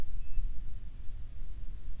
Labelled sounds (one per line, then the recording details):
near silence
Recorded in the Prudhoe Bay oil fields, Alaska, on 7 August 2019 at 13:54
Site 17